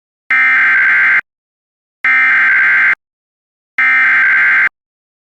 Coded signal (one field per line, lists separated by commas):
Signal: Emergency Alert System (SAME) tones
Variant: header bursts